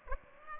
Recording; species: mosquito wingbeat signal from an infrared sensor; Aedes aegypti